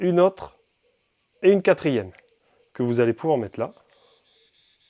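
A fourth screwdriver bit is being handled toward its slot on a compact Wera bicycle tool holder while someone talks in short bursts over a steady high-pitched tone. The bit has not gone home yet, and nothing has seated or clicked by the end of the clip.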